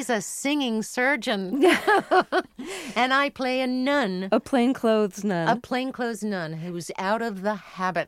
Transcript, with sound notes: ...He plays a singing surgeon (laughter) and I play a nun.
A plainclothes nun.
A plainclothes nun who was out of the habit.